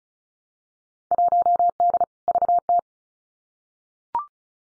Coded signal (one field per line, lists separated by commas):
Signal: Morse code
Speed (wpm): 36 wpm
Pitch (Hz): 700 Hz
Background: none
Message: 1D VT